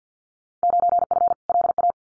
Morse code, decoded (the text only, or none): 9F LA